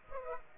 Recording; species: mosquito wingbeat signal from an infrared sensor; Aedes aegypti